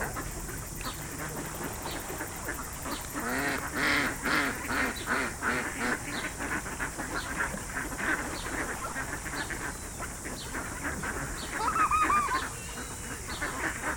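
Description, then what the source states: Ducks calling together, dense overlapping quacks, a louder burst near the end, steady hiss behind. Several ducks.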